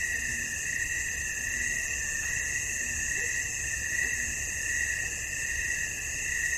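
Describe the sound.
Cricket: a constant shrill high trill, with a soft low call repeated four times underneath.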